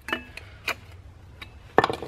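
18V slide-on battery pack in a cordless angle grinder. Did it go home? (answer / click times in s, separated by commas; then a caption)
released / 1.8 s. An 18V slide-on battery pack is removed from an Abeden 18V cordless angle grinder, a Makita knock-off, before the disc is changed. A few light, glassy clinks around 0.1, 0.4 and 0.7 seconds lead to a sharp, latch-like hit at 1.8 seconds. The battery pack is unlatched and released from the grinder.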